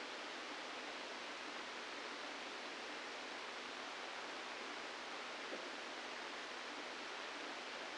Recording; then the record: brain microelectrode recording played as sound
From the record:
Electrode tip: inside the subthalamic nucleus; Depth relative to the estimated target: 1 mm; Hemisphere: left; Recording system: NeuroSet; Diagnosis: Parkinson's disease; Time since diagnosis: 17 years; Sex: male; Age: 64 years